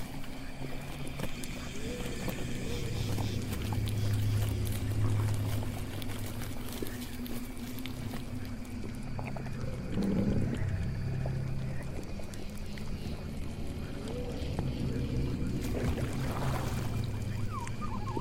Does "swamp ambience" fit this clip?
yes